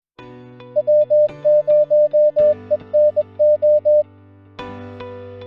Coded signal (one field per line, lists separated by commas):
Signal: Morse code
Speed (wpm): 21 wpm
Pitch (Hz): 600 Hz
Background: music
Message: W0ENO